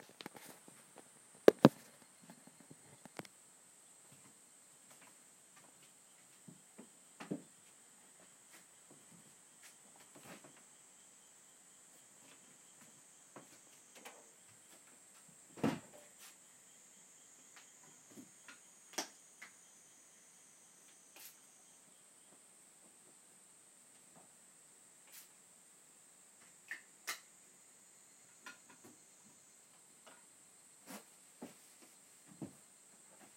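Everyday household sounds: scattered clicks and soft knocks, with sharper thuds near 2 and 16 seconds, over a steady high insect-like hiss.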